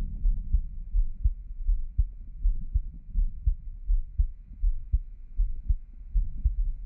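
Soft, steady low thumps of an adult's own heartbeat, about 81 beats a minute, heard close up.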